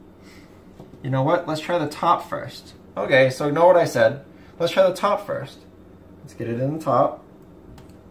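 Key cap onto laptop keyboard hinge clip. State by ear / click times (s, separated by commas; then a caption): seated / 7.8 s. A plastic letter key cap is being refitted onto its hinge clip on an Acer Aspire ES1-512 laptop keyboard, on a second try, with the top tabs slid in first and then the bottom pushed down. Someone talks through most of the clip, then a short snap is heard at 7.8 s as the key cap seats onto the hinge clip.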